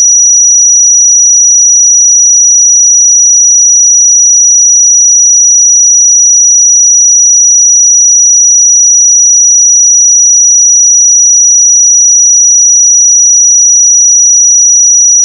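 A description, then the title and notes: A pure sine tone at 5836 Hz holds perfectly steady for the full fifteen seconds, thin and piercingly high. Its loudness never shifts, there is no other sound beneath it, and it cuts off abruptly with a faint click at the very end. 5836 Hz 1 Hz Interval Sine Pure Tone Frequency 441000 Sample Mono.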